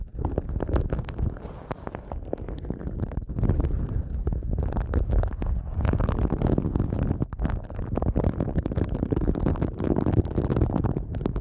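Sensitive eardrum massage ASMR sounds: a constant low, muffled rubbing and rumbling with soft crackly textures. Dense short clicks and scratchy pops run throughout at an uneven, rapid pace, occasionally flaring brighter, with the overall level staying fairly even.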